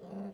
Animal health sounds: pig call; piglet (1 to 25 days)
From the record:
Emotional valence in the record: negative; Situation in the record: short isolation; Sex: female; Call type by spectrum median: low-frequency call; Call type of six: low-frequency stable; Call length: 0.34 s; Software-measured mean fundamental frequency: 65 Hz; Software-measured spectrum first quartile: 197 Hz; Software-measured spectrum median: 287 Hz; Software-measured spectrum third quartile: 553 Hz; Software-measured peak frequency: 195 Hz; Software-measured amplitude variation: 119 dB a second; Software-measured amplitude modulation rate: 16.4 a second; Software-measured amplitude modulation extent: 7.3 dB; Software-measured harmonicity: 6.1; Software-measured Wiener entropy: 0.02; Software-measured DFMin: 1210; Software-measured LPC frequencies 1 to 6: 2702, 3422, 4604, 5968, 7610, 9253 Hz

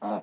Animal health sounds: pig call; piglet (1 to 25 days)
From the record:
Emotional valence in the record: negative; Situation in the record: surprise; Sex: female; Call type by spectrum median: low-frequency call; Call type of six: low-frequency stable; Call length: 0.22 s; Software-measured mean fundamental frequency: 51 Hz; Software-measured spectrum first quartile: 343 Hz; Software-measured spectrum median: 628 Hz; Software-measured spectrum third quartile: 901 Hz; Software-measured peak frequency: 711 Hz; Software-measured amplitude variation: 118 dB a second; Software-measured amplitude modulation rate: 15.6 a second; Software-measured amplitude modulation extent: 7.5 dB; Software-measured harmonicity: 1.0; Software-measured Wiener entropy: -0.39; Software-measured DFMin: 1440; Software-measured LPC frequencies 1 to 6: 690, 2499, 4306, 5091, 5700, 6577 Hz

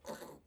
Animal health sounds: pig call; piglet (1 to 25 days)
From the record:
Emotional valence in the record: negative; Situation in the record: restrain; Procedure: back test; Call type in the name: low-frequency call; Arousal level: medium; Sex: female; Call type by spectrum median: low-frequency call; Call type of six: low-frequency modulated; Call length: 0.47 s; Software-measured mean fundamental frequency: 70 Hz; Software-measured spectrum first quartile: 502 Hz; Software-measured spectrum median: 987 Hz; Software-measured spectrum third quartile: 3939 Hz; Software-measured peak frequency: 564 Hz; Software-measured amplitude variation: 185 dB a second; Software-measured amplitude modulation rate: 12.8 a second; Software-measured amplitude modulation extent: 14.4 dB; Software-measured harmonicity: 2.8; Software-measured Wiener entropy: -2.59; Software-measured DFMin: 795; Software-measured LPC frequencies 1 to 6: 610, 3886, 4495, 6154, 7320, 7949 Hz

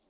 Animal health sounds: pig call; piglet (1 to 25 days)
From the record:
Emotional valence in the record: positive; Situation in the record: short reunion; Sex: female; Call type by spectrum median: low-frequency call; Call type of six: low-frequency stable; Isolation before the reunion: 3 minutes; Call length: 0.10 s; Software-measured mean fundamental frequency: 77 Hz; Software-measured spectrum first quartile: 404 Hz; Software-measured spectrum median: 1475 Hz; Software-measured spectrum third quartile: 6125 Hz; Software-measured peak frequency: 289 Hz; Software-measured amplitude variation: 54 dB a second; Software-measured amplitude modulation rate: 14.8 a second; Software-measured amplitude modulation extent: 3.7 dB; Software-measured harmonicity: 2.6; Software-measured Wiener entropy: -1.57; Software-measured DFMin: 1025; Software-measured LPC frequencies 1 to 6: 569, 2311, 3513, 4664, 5421, 6118 Hz

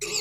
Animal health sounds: pig call; weaner (32 to 43 days)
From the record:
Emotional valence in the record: negative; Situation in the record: long isolation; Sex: female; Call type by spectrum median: high-frequency call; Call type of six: high-frequency stable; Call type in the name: high-frequency stable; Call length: 0.21 s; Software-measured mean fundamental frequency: 402 Hz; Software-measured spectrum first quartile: 2246 Hz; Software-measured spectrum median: 4582 Hz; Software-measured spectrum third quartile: 6506 Hz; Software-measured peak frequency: 4610 Hz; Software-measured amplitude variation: 88 dB a second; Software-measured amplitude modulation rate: 21.4 a second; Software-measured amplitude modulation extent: 4.1 dB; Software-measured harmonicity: 3.4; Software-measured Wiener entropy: -2.05

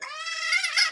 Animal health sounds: pig call; piglet (1 to 25 days)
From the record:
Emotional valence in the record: negative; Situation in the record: restrain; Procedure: in the arms of a person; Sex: male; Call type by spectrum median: high-frequency call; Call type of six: high-frequency stable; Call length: 0.92 s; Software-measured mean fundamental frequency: 331 Hz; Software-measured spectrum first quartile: 2011 Hz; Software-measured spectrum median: 3147 Hz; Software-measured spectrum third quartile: 5119 Hz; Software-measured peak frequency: 2128 Hz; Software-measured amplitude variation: 170 dB a second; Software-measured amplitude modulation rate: 24.5 a second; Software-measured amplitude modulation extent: 6.9 dB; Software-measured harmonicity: 7.5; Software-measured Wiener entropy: -2.61

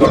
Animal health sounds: pig call; growing-finishing pig (85 days or more)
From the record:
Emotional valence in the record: positive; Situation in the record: run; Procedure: transit

